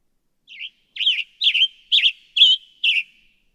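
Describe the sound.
Western Tanager song: six hoarse, robin-like phrases, rising and falling, evenly spaced about half a second apart in a quiet setting.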